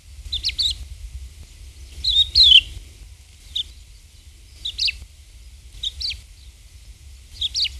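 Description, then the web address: Crested lark calls: several short, clear whistled notes with slurred pitch, and a low steady rumble underneath. "galerida cristata call"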